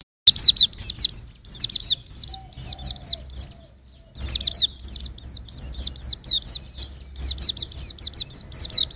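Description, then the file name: White-eye delivering a long, nearly continuous run of high, sweet, rapid chirps in two extended phrases with one short pause. "suara burung pleci usro"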